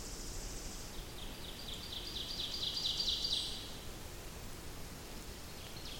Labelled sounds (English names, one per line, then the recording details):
Ovenbird song
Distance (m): 75 m
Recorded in boreal forest in Alberta, Canada, on 28 May 2016 at 07:22
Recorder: SongMeter 3, array SBT-3-49
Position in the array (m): 35 m, 192 m
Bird 15